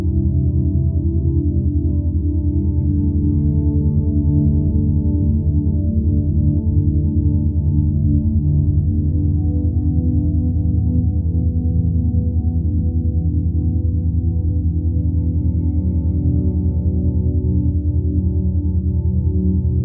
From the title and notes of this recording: Happy frequency 8-10 Hz binaural beats.